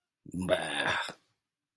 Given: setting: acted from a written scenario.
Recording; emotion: vocal sound without words; disgust